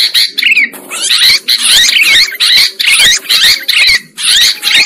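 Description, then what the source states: Sooty-headed bulbul chattering song, dense bursts of bubbly, slurred notes with brief pauses between loud runs. Bird lure recording.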